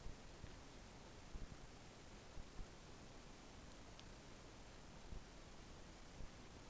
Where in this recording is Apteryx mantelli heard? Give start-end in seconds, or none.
none